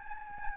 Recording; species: mosquito wingbeat signal from an infrared sensor; Aedes albopictus